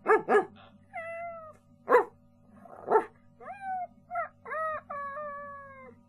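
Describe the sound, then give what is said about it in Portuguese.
A human voice imitating a rooster's crow: a few harsh, bark-like bursts, then several drawn-out, wavering calls that rise and fall, with the last long stretched cry held loudly. “Eu sabia que também conseguia imitar um galo.”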